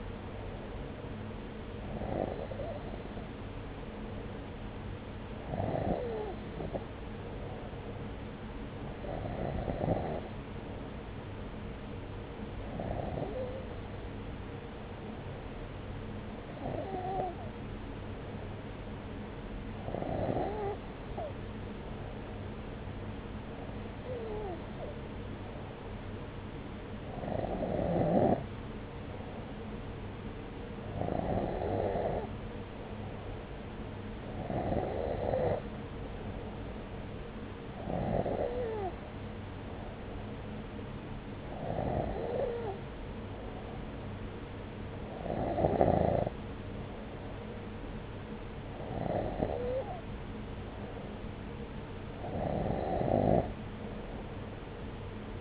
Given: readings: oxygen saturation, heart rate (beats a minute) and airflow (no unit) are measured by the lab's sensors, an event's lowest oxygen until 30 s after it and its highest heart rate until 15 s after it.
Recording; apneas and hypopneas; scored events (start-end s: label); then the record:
breathing in sleep by a voice recorder at the bedside; none
7.00-37.00 s: new sleep stage, N2 (light sleep)
37.00-55.41 s: new sleep stage, N3 (deep sleep)
From the record:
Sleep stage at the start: N3 (deep sleep); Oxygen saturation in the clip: 93 to 94%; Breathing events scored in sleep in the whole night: 303 in 8.1 hours asleep